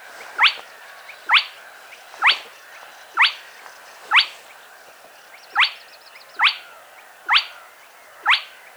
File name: Plettet roervagtel